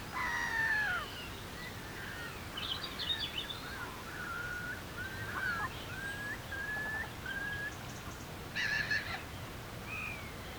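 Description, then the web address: Curlew calls, a string of short slurred whistles, with a burst of harsher piping near the end over steady background hiss. Curlews with oystercatchers. "Effects 02-Birds, Insects Animals. Birds Curlews, Oystercatchers"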